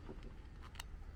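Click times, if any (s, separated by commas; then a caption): 0.8 s. An engraving bit is pushed into the set-screw holder of a Dremel 290 engraving tool, and at 0.8 s it gives a sharp, bright click as it strikes a stray piece of metal inside. The obstruction stops the bit from going in fully, leaving it only partly inserted.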